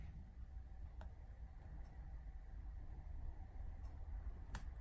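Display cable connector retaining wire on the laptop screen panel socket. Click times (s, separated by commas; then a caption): 1.0 s, 4.6 s. The small swiveling metal retaining wire on the display (eDP) cable connector of a Lenovo ThinkPad T580 FHD laptop screen panel is pressed down over the plastic housing tabs during a screen replacement, one side first. Two short, sharp clicks sound at 1.0 s and 4.6 s over a steady low background noise. The latch wire clicks into place and the cable connector is seated.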